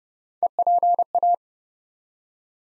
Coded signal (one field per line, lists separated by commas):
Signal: Morse code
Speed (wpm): 30 wpm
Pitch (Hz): 700 Hz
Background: none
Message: EPA